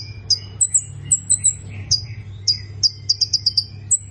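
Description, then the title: Prinia song: high, thin chirping notes in quick bursts, some running into short rapid trills, over a steady low background hum. "Ciblek Sawah"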